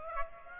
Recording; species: mosquito wingbeat signal from an infrared sensor; Aedes aegypti